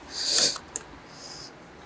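A battery cable clamp is pushed back onto the battery terminal post of a 1985 Pontiac Fiero, with a breathy, hissing rustle building up before one sharp metallic hit at 0.8 s, followed by a faint hiss. The clamp strips its way onto the post instead of seating cleanly, so the fit is not secure.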